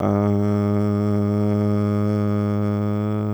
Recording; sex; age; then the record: sustained vowel /a/; male; 40 to 49 years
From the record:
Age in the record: 40 years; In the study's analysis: included